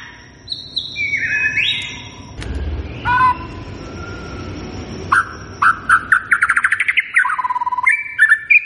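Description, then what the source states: White-rumped shama singing: sliding whistled notes early on, a quieter rumbling stretch, then bright whistled phrases with quick trilled runs and alternating stepped notes. Lure recording of a shama singing profusely, used to draw a quick response from other shamas.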